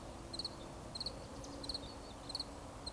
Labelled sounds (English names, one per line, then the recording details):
Eurasian Woodcock whistle
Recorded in Baden-Württemberg, Germany, on 11 June 2020 at 20:08 UTC
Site 24578, 122 m above sea level